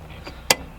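On a VW MK1, the handbrake lever is lifted after its ratchet pawl has been flipped back, and the ratchet clicks while the clicks are counted before the cable adjuster nuts are tightened. A faint tick near 0.3 s is followed by a sharp, bright ratchet click at 0.5 s. The pawl seats in the handbrake lever mechanism.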